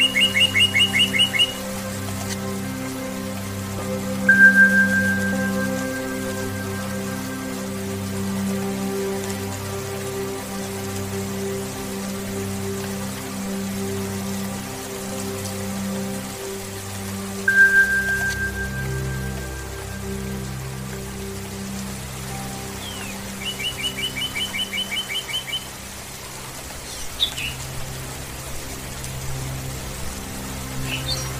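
Soft rain patters under a steady, low droning meditation music, with bright bird chirps near the start and again around twenty-four seconds.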